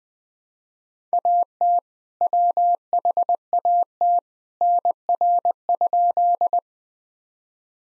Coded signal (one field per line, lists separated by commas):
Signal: Morse code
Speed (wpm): 20 wpm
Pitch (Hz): 700 Hz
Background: none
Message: AT WHAT NR?